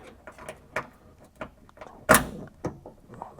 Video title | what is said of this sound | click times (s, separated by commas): Easy ways to breath new life into a beat up old SN95 Mustang!? | There it goes. Satisfying click. | 2.1 s